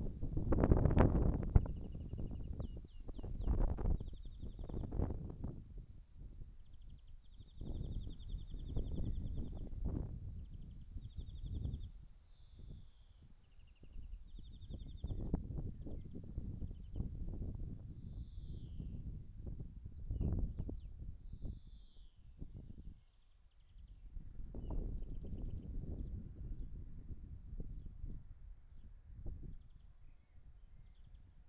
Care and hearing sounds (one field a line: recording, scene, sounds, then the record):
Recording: everyday scene through a hearing-aid microphone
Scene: wind on the microphone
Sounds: wind, birds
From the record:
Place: in front of a rural house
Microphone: behind the ear, left, rear